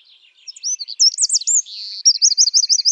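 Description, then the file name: Eurasian wren song, a rapid series of high, sharp notes flowing into quick repeated looping phrases near the end. "Troglodytes troglodytes"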